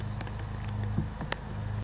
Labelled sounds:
Anna's Hummingbird (Calypte anna)
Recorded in Sonoma County, California

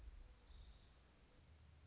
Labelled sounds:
Orange-crowned Warbler (Leiothlypis celata)
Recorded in Sonoma County, California

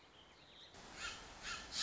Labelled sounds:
Song Sparrow (Melospiza melodia)
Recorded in Sonoma County, California

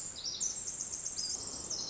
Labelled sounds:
Pacific Wren (Troglodytes pacificus)
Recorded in Sonoma County, California

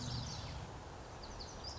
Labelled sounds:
Lazuli Bunting (Passerina amoena)
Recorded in Sonoma County, California

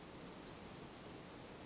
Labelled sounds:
Western Flycatcher (Empidonax difficilis)
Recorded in Sonoma County, California

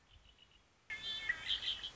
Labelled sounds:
Red-winged Blackbird (Agelaius phoeniceus)
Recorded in Sonoma County, California

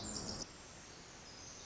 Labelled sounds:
Pacific Wren (Troglodytes pacificus)
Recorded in Sonoma County, California

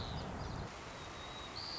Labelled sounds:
White-crowned Sparrow (Zonotrichia leucophrys)
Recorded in Sonoma County, California

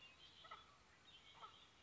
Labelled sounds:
Red-winged Blackbird (Agelaius phoeniceus)
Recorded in Sonoma County, California

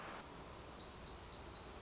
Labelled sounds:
Black-throated Gray Warbler (Setophaga nigrescens)
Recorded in Sonoma County, California

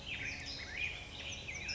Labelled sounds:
Black-headed Grosbeak (Pheucticus melanocephalus)
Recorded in Sonoma County, California

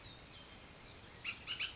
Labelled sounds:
Bullock's Oriole (Icterus bullockii)
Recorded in Sonoma County, California

